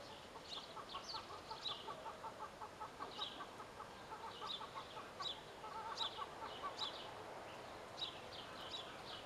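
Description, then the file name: Great tit calling with sharp high notes at an uneven pace, over a soft rapid run of lower clucking notes. "Parus major"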